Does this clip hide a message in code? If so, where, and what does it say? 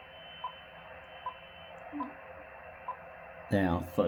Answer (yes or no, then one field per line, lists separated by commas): no